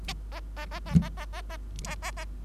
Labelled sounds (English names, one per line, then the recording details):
Bengalese Finch song
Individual Bird3